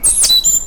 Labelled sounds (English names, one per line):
Stitchbird song